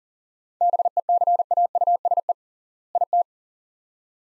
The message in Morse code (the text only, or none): BECAUSE IT